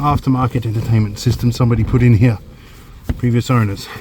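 During a Jeep Cherokee battery change, someone refitting the seat area handles the wiring lead for an aftermarket entertainment system, routed over the seat lead, and brings its harness plug toward its mating connector under the seat. Someone talks throughout, with a brief handling noise around 3.1 s. Nothing has seated or clicked yet.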